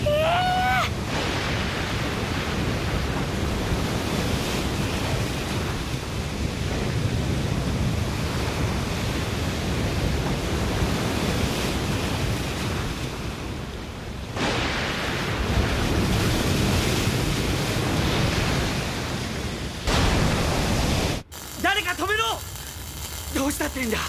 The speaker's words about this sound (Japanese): これを見ろ、南極の磁力シールドは限界だ。すでに大量の海水が流れ出しておる。